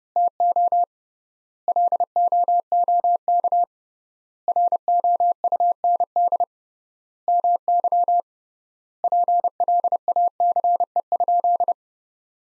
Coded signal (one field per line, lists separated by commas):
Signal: Morse code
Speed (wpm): 30 wpm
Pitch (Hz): 700 Hz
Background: none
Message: TO LOOK ROUND MY PLACE?